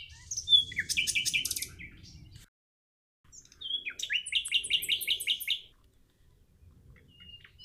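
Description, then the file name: Common nightingale song: two phrases of fast repeated chirping notes, each opening with a whistle, separated by a silent gap, quiet afterwards. "Luscinia megarhynchos"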